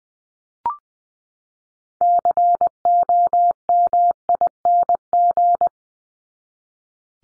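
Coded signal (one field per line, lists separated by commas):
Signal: Morse code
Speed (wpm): 20 wpm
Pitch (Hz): 700 Hz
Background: none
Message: COMING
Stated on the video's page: Head-copy drill at 20 wpm: each of the top 100 words ending in ING or its root word is sent in Morse, spoken, then sent again.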